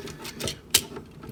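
A plastic part of a Transformers Studio Series 53 Mixmaster transforming toy robot is pressed and worked against the figure's body, giving soft plastic rubbing and creaking. A sharp click at 0.8 s marks the part snapping and locking into place.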